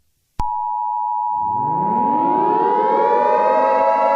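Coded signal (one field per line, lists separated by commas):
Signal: Emergency Alert System (SAME) tones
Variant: 853 and 960 Hz attention tone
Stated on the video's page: Fictional simulated alert scenario.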